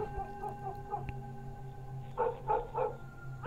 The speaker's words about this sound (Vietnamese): Thậm chí văng vẳng từ trong làng có tiếng chó cắn ma cứ ông ổng sủa đến.